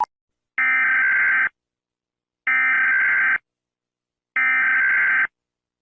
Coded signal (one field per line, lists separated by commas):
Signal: Emergency Alert System (SAME) tones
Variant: header bursts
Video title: EAS Alarms in different countries (Unfinished)